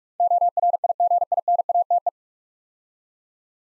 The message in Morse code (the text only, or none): ORIGINATE